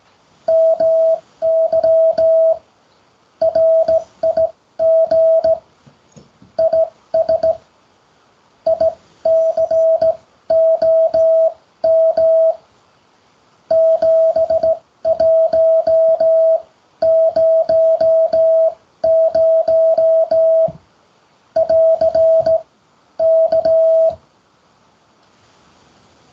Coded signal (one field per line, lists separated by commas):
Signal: Morse code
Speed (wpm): 17 wpm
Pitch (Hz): 650 Hz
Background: music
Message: MY RIG IS ICOM 7100 <AR> K